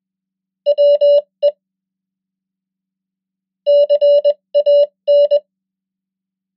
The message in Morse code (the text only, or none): WE CAN